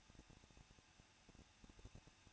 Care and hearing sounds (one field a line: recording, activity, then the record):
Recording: daily activity, microphone in the room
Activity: no activity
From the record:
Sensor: 2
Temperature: 21.0 degrees Celsius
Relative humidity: 37.4%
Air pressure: 1006.2 hPa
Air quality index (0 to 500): 222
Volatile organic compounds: 24 ppm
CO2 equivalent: 2810 ppm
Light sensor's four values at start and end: 2/3/2/2 and 2/3/2/2